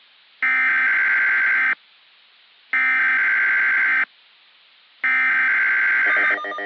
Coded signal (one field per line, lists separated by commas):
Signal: Emergency Alert System (SAME) tones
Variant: header bursts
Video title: “Florida Tornado Havoc” Remastered [EAS Scenario]